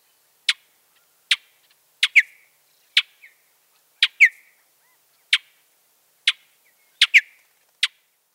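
Mountain bluebird calls: sharp clicking ticks about once a second, some followed by short downslurred notes, in an otherwise quiet background.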